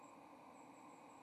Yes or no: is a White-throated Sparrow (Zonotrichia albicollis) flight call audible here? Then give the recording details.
no. No flight call is heard. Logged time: 11:03 on 30 October 2014